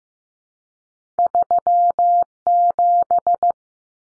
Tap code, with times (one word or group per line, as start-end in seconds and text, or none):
none